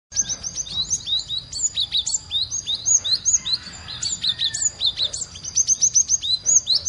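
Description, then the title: Cinereous tit calling with dense, thin, high-pitched chirps, some notes sliding down, in fast irregular clusters throughout. Used as a lure and for therapy. "Burung Gelatik, suara gelatik batu untuk pancingan & terapy."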